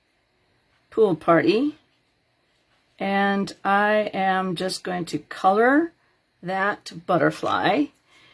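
A plastic cap is handled on a coloring marker after a butterfly is colored, while someone talks in short bursts. Nothing has seated or clicked yet; the clip ends before the cap is pushed down and snaps on.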